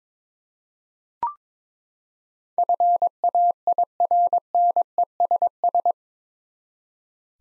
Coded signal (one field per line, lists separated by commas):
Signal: Morse code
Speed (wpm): 22 wpm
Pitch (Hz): 700 Hz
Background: none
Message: FAIRNESS